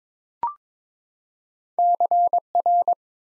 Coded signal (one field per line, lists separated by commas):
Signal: Morse code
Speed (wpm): 23 wpm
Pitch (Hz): 700 Hz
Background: none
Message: CR